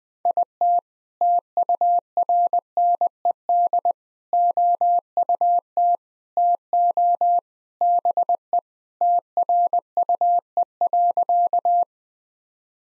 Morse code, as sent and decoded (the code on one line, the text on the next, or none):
.. - / - ..- .-. -. . -.. / --- ..- - / - --- / -... . / - .-. ..- . .-.-.-
IT TURNED OUT TO BE TRUE.